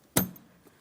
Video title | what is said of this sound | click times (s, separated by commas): How to Replace Valve Covers 2015-2025 Ford Transit 250 3.7L V6 | After that click, just a quick wiggle, make sure it does not fall out of place. | 0.2 s